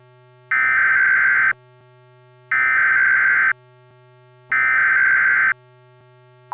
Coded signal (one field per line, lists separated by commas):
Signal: Emergency Alert System (SAME) tones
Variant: header bursts